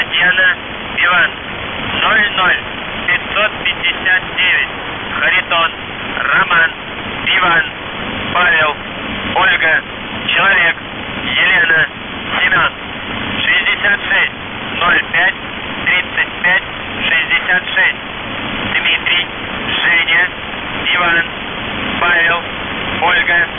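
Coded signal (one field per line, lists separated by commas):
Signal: coded military voice message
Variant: UVB-76, Russian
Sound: a voice reads short code words and number groups in evenly spaced bursts through radio static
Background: radio static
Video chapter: 00:06 - НЖТИ 00559 ХРИПОЧЕС 6605 3566 ДЖИПОВНУК 4541 3922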